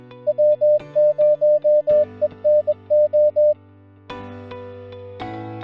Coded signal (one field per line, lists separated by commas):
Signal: Morse code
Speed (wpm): 21 wpm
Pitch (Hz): 600 Hz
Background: music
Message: W0ENO